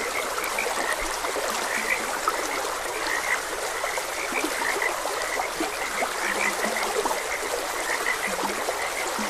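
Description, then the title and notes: Frogs croaking continuously in a chorus, brighter notes popping out here and there, a few lower croaks, over steady stream noise. Frogs croaking beside a gentle stream. "Gentle Stream and Frogs Croaking. Sleep and Relaxation Podcast"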